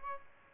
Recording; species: mosquito wingbeat signal from an infrared sensor; Aedes albopictus